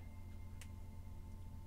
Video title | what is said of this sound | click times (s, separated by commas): Construisez la BUGATTI VEYRON numéros 84 et 85. | ça s'emboîte bien | 0.6 s